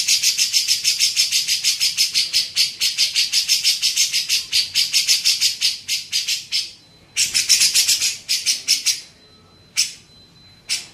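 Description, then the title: Grey-cheeked bulbul delivering a long run of rasping, buzzy bursts, then a short burst and a few isolated notes with a thin whine between. Masteran training recording used to tutor songbirds. "MASTERAN CUCAK JENGGOT"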